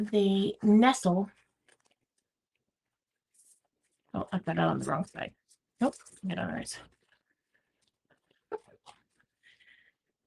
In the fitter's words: there we go so it locks in place